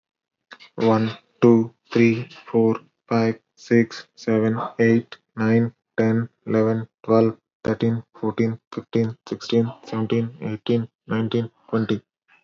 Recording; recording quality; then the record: counting at a normal pace; excellent, no background noise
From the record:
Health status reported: healthy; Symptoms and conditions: none ticked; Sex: male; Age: 32 years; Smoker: not ticked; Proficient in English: yes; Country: India